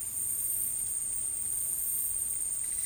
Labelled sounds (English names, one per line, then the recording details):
none
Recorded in dense forest near Puerto Asís, Putumayo, Colombia, on 23 June 2025 at 14:00
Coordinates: 0.503, -76.323
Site G059